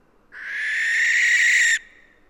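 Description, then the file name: Barn owl giving a single rasping screech, lasting about one and a half seconds and gradually swelling before stopping abruptly. "Schleiereule - Tyto alba"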